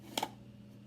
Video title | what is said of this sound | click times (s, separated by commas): Developing Film | you put it on there and then you turn it until it clicks | 0.2 s